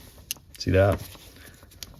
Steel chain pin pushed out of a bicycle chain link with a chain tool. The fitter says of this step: popping off and that was that snap you heard